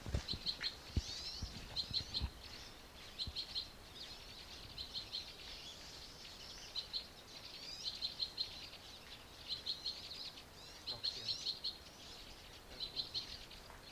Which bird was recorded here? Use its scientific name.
Loxia leucoptera